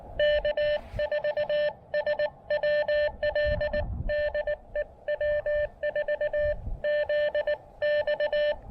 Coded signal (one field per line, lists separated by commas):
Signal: Morse code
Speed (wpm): 20 wpm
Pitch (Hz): 590 Hz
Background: none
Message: K4SWL DE W4ZX